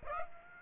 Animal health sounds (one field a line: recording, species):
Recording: mosquito wingbeat signal from an infrared sensor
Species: Aedes aegypti